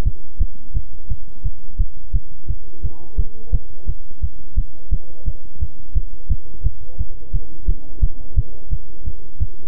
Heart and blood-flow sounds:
heart sounds by stethoscope; between the tricuspid and mitral areas; 173 bpm
0.04 s: heartbeat
0.39 s: heartbeat
0.73 s: heartbeat
1.08 s: heartbeat
1.43 s: heartbeat
1.77 s: heartbeat
2.12 s: heartbeat
2.47 s: heartbeat
2.82 s: heartbeat
3.16 s: heartbeat
3.51 s: heartbeat
3.86 s: heartbeat
4.21 s: heartbeat
4.55 s: heartbeat
4.90 s: heartbeat
5.25 s: heartbeat
5.59 s: heartbeat
5.94 s: heartbeat
6.28 s: heartbeat
6.63 s: heartbeat
6.97 s: heartbeat
7.32 s: heartbeat
7.66 s: heartbeat
8.01 s: heartbeat
8.35 s: heartbeat
8.69 s: heartbeat
9.04 s: heartbeat
9.39 s: heartbeat
From the record:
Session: bicycle stress test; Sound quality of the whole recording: good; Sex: male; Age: 26 years

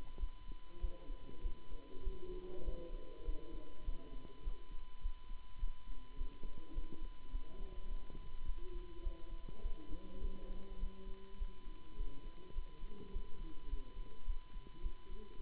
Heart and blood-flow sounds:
heart sounds by stethoscope; between the tricuspid and mitral areas; 103 bpm
0.16 s: heartbeat
0.77 s: heartbeat
1.39 s: heartbeat
2.00 s: heartbeat
2.61 s: heartbeat
3.22 s: heartbeat
3.81 s: heartbeat
4.40 s: heartbeat
4.98 s: heartbeat
5.56 s: heartbeat
6.14 s: heartbeat
6.71 s: heartbeat
7.28 s: heartbeat
7.85 s: heartbeat
8.42 s: heartbeat
8.99 s: heartbeat
9.58 s: heartbeat
10.17 s: heartbeat
10.76 s: heartbeat
11.35 s: heartbeat
11.93 s: heartbeat
12.51 s: heartbeat
13.09 s: heartbeat
13.66 s: heartbeat
14.23 s: heartbeat
14.79 s: heartbeat
15.35 s: heartbeat
From the record:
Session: Bruce protocol treadmill stress test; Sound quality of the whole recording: good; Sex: male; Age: 26 years

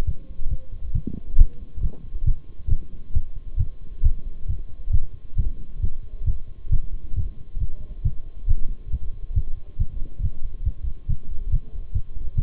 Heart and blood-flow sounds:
heart sounds by stethoscope; between the tricuspid and mitral areas; 137 bpm
0.07 s: heartbeat
0.51 s: heartbeat
0.95 s: heartbeat
1.39 s: heartbeat
1.83 s: heartbeat
2.27 s: heartbeat
2.71 s: heartbeat
3.15 s: heartbeat
3.59 s: heartbeat
4.04 s: heartbeat
4.48 s: heartbeat
4.93 s: heartbeat
5.38 s: heartbeat
5.83 s: heartbeat
6.27 s: heartbeat
6.72 s: heartbeat
7.16 s: heartbeat
7.60 s: heartbeat
8.05 s: heartbeat
8.49 s: heartbeat
8.92 s: heartbeat
9.36 s: heartbeat
9.80 s: heartbeat
10.23 s: heartbeat
10.66 s: heartbeat
11.09 s: heartbeat
11.52 s: heartbeat
11.95 s: heartbeat
12.37 s: heartbeat
From the record:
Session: Bruce protocol treadmill stress test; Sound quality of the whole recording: partially saturated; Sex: male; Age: 23 years

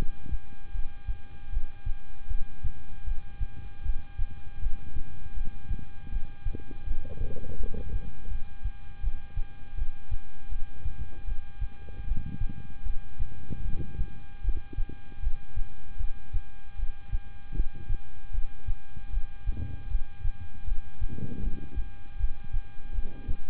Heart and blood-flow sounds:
heart sounds by stethoscope; between the tricuspid and mitral areas; 78 bpm
0.72 s: heartbeat
1.50 s: heartbeat
2.28 s: heartbeat
3.05 s: heartbeat
3.83 s: heartbeat
4.60 s: heartbeat
5.34 s: heartbeat
6.10 s: heartbeat
6.84 s: heartbeat
7.57 s: heartbeat
8.29 s: heartbeat
9.01 s: heartbeat
9.75 s: heartbeat
10.49 s: heartbeat
11.25 s: heartbeat
12.05 s: heartbeat
12.83 s: heartbeat
13.62 s: heartbeat
14.42 s: heartbeat
15.20 s: heartbeat
15.97 s: heartbeat
16.76 s: heartbeat
17.53 s: heartbeat
18.32 s: heartbeat
19.11 s: heartbeat
19.88 s: heartbeat
20.65 s: heartbeat
21.41 s: heartbeat
22.17 s: heartbeat
22.92 s: heartbeat
From the record:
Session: rest, lying down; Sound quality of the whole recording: good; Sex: male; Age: 26 years

